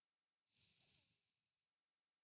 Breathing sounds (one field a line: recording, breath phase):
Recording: one breath near a microphone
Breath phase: exhalation